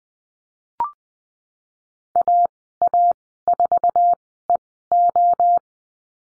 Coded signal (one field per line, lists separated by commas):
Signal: Morse code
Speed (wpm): 20 wpm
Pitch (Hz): 700 Hz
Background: none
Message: AA4EO